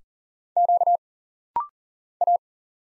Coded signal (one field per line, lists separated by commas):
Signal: Morse code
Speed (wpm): 42 wpm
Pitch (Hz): 700 Hz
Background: none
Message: Q A